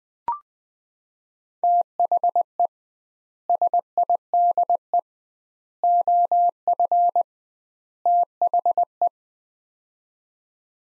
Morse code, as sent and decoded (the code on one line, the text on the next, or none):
- .... . / ... .. -.. . / --- ..-. / - .... .
THE SIDE OF THE